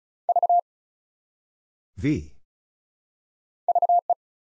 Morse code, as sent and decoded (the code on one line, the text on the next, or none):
...- / ...- .
V VE